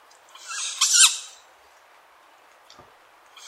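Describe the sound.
Tawny owl uttering a single rough, breathy screech lasting about a second, followed by quiet with a faint click, then the start of another sound at the very end.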